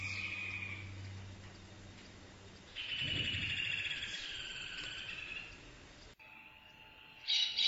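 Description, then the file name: Rufous hornero, faint calling, then a longer, fast chattering series that fades, and a brief loud burst at the end. "Furnarius rufus"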